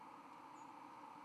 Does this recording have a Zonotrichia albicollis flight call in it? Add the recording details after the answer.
yes. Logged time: 04:18 on 31 October 2014